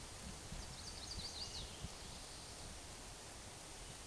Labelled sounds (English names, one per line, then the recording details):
Chestnut-sided Warbler song
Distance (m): 70 m
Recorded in a Pennsylvania forest on 17 May 2023 at 14:05
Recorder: AudioMoth, point grid1_28_low
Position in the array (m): 113 m, 126 m